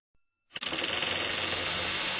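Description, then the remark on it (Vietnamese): After a soft click, an old iron gate creaks and grinds open with a harsh, steady metallic rattle that stays loud and dense until the end. No one speaks. “Tiếng cổng sắt cũ kỹ rít lên”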